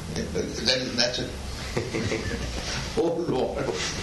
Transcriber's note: laughs